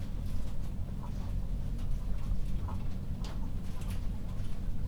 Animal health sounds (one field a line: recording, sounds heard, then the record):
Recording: poultry house recording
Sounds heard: sick chickens (respiratory disease)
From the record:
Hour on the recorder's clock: 22